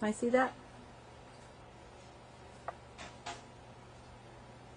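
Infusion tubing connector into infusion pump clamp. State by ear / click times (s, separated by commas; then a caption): seated / 2.7 s. An infusion line connector with extra hooks is pushed straight into its holder on an infusion pump and clamps on tight with a sharp click at 2.7 s. Someone talks at the start, and a softer, longer thud follows at 3.3 s over a steady low hum.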